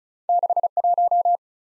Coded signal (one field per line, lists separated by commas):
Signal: Morse code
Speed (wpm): 48 wpm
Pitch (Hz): 700 Hz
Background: none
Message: 6 1